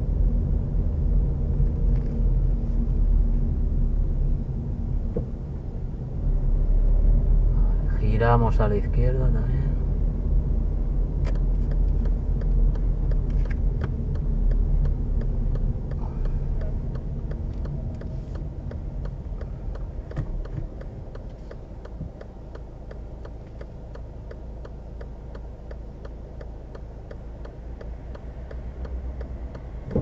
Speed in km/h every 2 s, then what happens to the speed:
22, 19, 16, 18, 21, 21, 20, 18, 15, 8, 0, 0, 0, 0, 0.
0-4 slows to 16. 4-13 steady at about 20. 13-20 slows to 0. 20-30 standing.